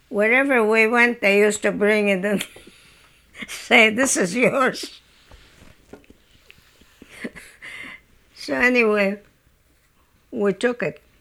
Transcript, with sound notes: Wherever we went, they used to bring it and say, "This is yours." ( she laughs ) So, anyway, we took it.